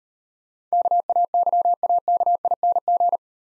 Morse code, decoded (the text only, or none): KAYAKING